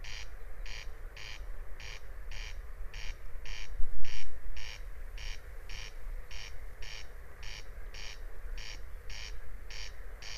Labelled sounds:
Corn Crake song

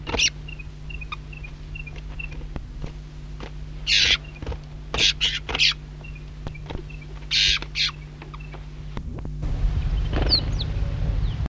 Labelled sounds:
Black-throated Canary call

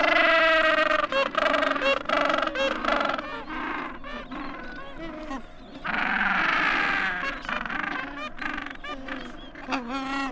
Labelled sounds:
Gentoo Penguin call

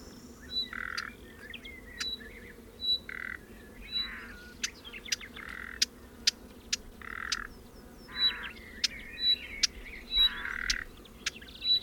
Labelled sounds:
Western Orphean Warbler call

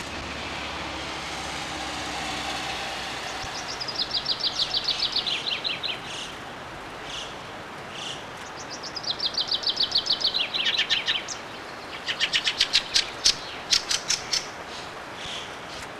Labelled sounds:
Common Chaffinch song

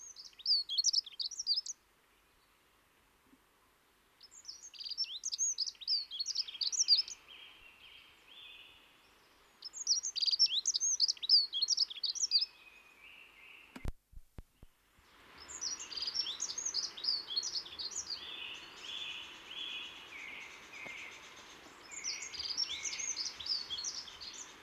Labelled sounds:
Dunnock song

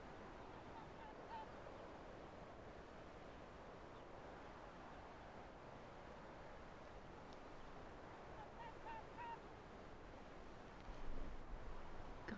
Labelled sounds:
Arctic Fox

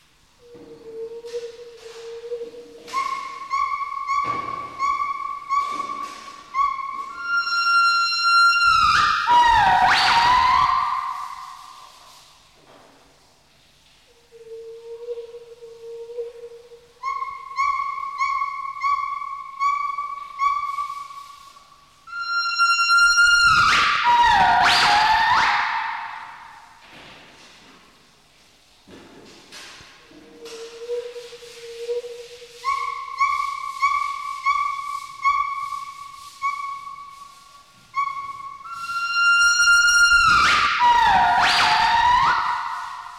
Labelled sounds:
Northern White-cheeked Gibbon

